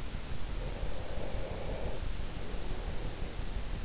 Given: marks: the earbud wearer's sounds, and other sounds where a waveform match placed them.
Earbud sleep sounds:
sounds in sleep by an in-ear microphone; breath
0.68-3.78 s: breath

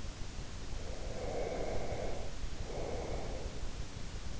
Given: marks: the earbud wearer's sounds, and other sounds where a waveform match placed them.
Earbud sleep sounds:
sounds in sleep by an in-ear microphone; breath
0.61-3.77 s: breath

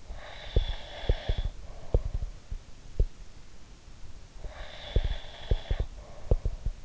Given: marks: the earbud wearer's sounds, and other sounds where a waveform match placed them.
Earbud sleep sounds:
sounds in sleep by an in-ear microphone; breath
0.05-2.89 s: breath
0.48-3.10 s: sound from someone else or the room
4.40-6.85 s: breath
4.91-6.85 s: sound from someone else or the room

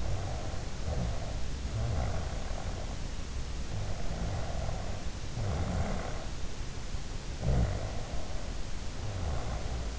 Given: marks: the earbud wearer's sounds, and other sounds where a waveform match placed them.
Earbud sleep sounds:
sounds in sleep by an in-ear microphone; snoring breath
0.00-2.81 s: snoring breath
3.96-6.40 s: snoring breath
7.42-9.98 s: snoring breath

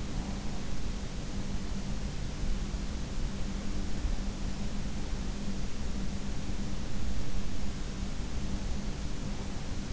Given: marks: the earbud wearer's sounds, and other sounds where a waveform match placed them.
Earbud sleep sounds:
sounds in sleep by an in-ear microphone; breath
0.00-2.03 s: breath

